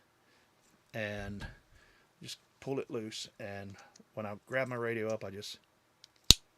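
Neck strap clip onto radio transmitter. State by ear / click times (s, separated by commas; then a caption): seated / 6.3 s. Someone talks while a handheld radio transmitter is reattached to the clip on a neck strap. The clip closes with a sharp snap at 6.3 seconds, and the radio is seated back on the strap.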